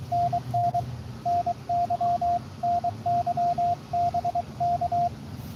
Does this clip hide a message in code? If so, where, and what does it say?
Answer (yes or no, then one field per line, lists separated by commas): yes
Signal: Morse code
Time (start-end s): 0.1-5.1 s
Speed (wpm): 22 wpm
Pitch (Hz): 690 Hz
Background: radio noise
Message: NN NY NY BK